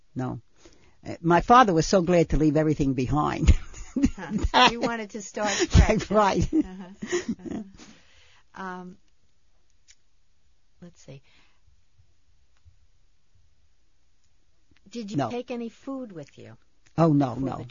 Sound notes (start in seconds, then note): 3.4 she laughs; 5.4 laughing